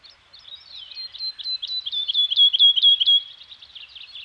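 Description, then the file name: Bird song as a quick high twittering run of short notes that swells and fades. Scandinavian forest soundscape with birds singing. "Nature Soundscape - Scandinavian Forest Environment with Birds Singing"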